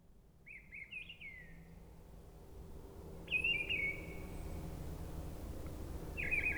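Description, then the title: Mistle Thrush song: ringing fluty phrases in three bursts with long gaps, low hum in the background. Singing high in a treetop at forest edge, Brison-Saint-Innocent, France; Sunday, grey weather, 10°C. "Brison-Saint-Innocent, France - Grive draine"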